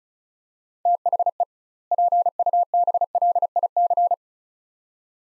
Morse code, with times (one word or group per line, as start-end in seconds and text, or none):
0.9-1.4 THE
1.9-4.1 PUBLIC